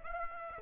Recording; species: mosquito wingbeat signal from an infrared sensor; Aedes aegypti